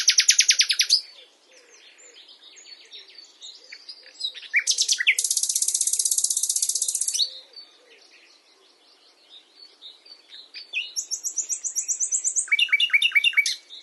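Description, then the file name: Common nightingale singing: a fast burst of notes, quiet chatter, then a long dense buzzing trill, later a high rattling run and repeated notes. "Luscinia megarhynchos"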